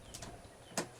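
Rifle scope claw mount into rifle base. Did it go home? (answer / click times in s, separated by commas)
yes / 0.8 s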